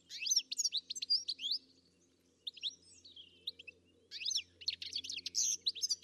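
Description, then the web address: Bird calling with excited high chirps and slurred whistles, a quieter stretch in the middle, then another lively burst over a soft low hum. "Deverinetal. Bird Only"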